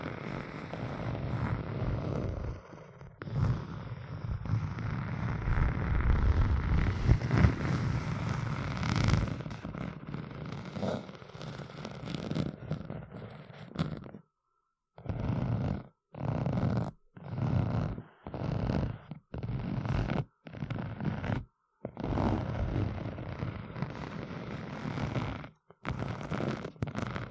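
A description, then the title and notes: Rough scratching fills the first half as a dense, continuous rasp with a heavy low rumble. After a short silence around the midpoint, it breaks into a steady rhythm of brief scratching bursts separated by clean gaps of silence. ASMR Deep Brain Scratching（No Talking）.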